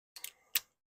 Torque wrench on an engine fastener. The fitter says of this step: done there's click